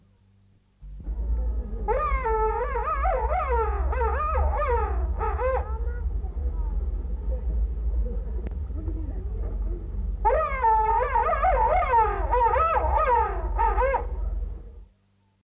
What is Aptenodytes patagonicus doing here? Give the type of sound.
call